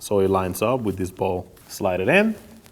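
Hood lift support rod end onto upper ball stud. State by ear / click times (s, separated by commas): not seated / none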